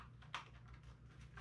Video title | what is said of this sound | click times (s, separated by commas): UNBOXING AND VERY QUICK ASSEMBLY OF THE ARROWS SZD 54 GLIDER BY FGFRC! | one goes there they click into place it's | 0.3 s